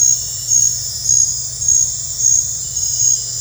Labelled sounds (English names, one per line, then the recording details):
none
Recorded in dense forest near Puerto Asís, Putumayo, Colombia, on 20 December 2024 at 21:30
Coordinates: 0.468, -76.322
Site G071